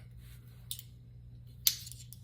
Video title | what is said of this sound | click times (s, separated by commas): Overwatch Trigger Upgrade Installation | there just snapped that means it's in all the way | 1.7 s